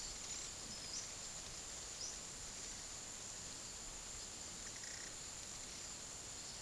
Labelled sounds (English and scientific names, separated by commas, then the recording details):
none
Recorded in pastures near Puerto Asís, Putumayo, Colombia, on 19 February 2024 at 12:00
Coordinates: 0.466, -76.323
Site G6384